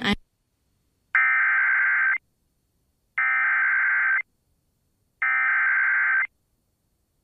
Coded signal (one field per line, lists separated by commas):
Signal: Emergency Alert System (SAME) tones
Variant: header bursts